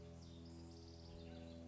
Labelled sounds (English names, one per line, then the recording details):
House Wren
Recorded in Sonoma County, California